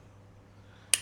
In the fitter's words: and it locks into place like any other tripod.